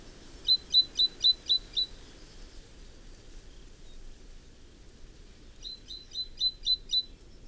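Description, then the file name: Great tit call, a fast series of six crisp high notes, then a softer second series after a pause, over steady low background noise. "Parus major"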